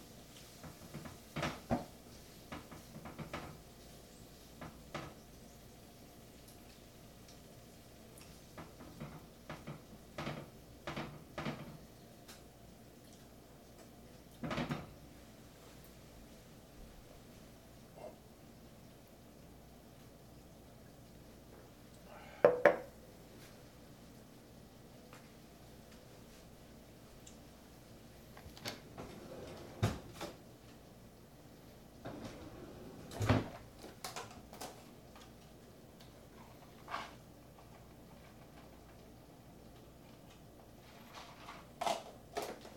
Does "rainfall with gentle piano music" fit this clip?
no